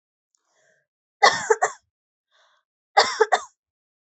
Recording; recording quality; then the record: heavy voluntary cough; excellent, no background noise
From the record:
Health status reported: healthy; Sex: female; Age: 20 years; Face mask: not worn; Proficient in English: yes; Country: India